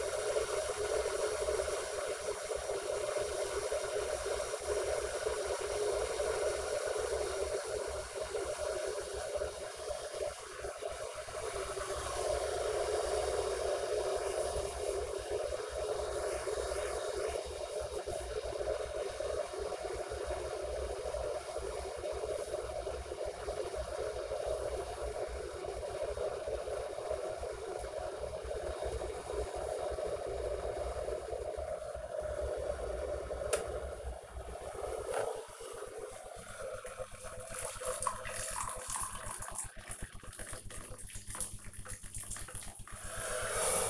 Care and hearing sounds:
household activities, microphone on the right wrist
0.00-43.90 s: making tea

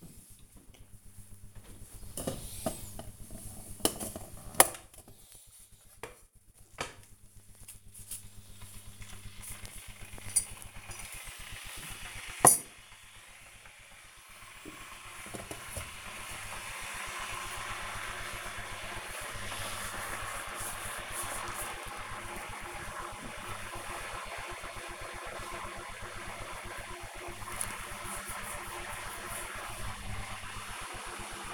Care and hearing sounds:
household activities, microphone on the right wrist
0.00-31.54 s: making tea

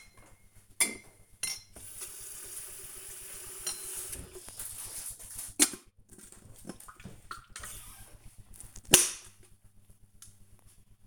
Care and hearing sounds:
household activities, microphone on the right wrist
0.00-11.07 s: making tea

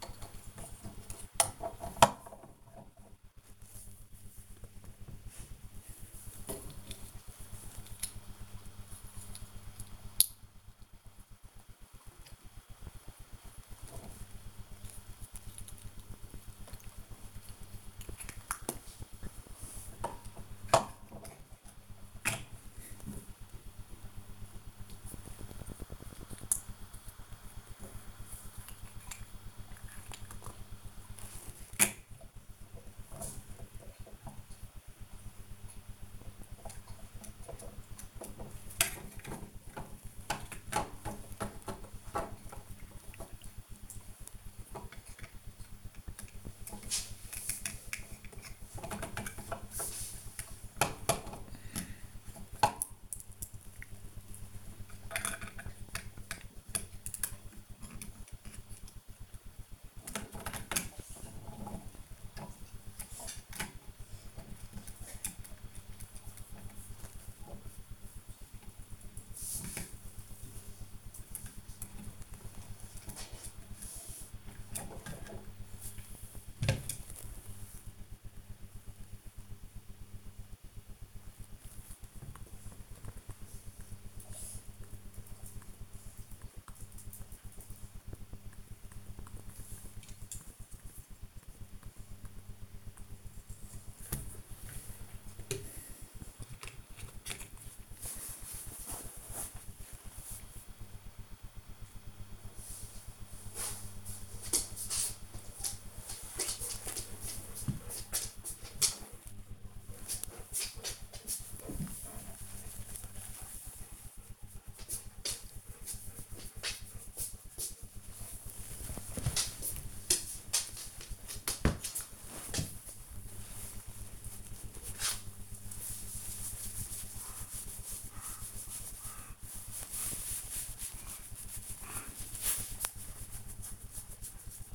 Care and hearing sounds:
household activities, microphone on the right wrist
0.00-16.20 s: building with lego
19.24-76.46 s: building with lego

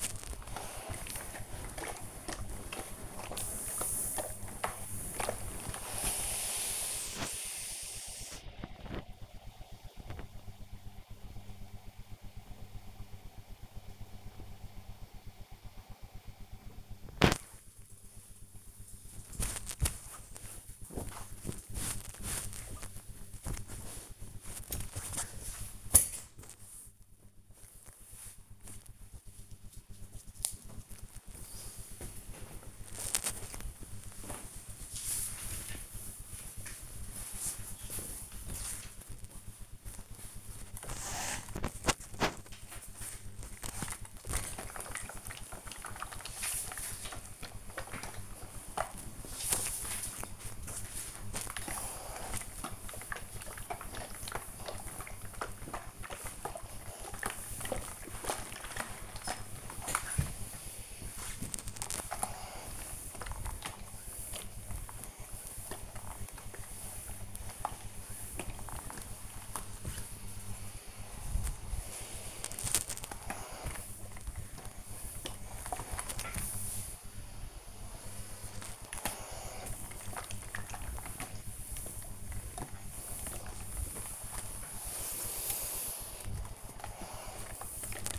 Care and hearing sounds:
household activities, microphone on the right wrist
0.00-11.54 s: ironing laundry
16.57-27.60 s: folding laundry
29.62-88.19 s: ironing laundry

